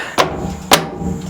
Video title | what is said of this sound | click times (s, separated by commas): Chicken Shed Coop Combo Build Part 6 -- Irie Gardens | Oh, yeah. They kind of snap in place, so | 0.7 s